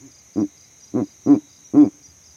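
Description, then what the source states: Verreaux's eagle owl giving four short, deep grunting hoots, unevenly spaced, over a steady high-pitched insect trill. Male advertising his territory from a tree in savanna; the overnight recording rig was set up in that same tree.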